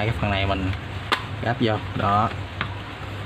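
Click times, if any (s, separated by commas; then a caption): 2.6 s. Two plastic parts of a wire connector are pushed together into their mating socket inside a National IH rice cooker being repaired after it was plugged into the wrong power supply. Someone talks throughout, and a short, sharp click at 2.6 s marks the connector seating in place.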